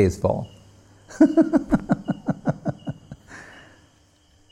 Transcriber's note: laughing